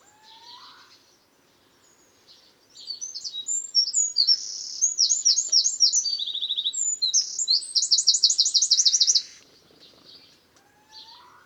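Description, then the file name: Eurasian Wren song, a vigorous stream of piercing high notes and buzzing trills lasting about six seconds, with a few quieter chirps before and after. "Troglodytes troglodytes"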